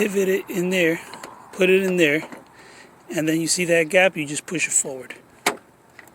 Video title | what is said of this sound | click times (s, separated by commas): 2013 Toyota Camry Front exterior door handle replacement | pops right in see | 5.5 s